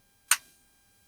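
The plastic wheel-and-leg part of a Hasbro Transformers Studio Series 86 transforming action figure is pushed onto its peg. A single sharp, bright click sounds at 0.3 s and fades quickly into near silence. The part is seated on its peg.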